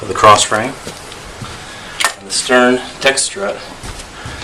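Someone talks while handling the stern strut of a Folbot Greenland folding kayak frame as it is pressed toward its fitting on the cross frame. Nothing has seated or clicked yet.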